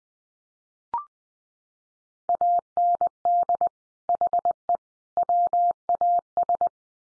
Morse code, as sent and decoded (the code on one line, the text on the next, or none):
.- -. -.. / .... . / .-- .- ...
AND HE WAS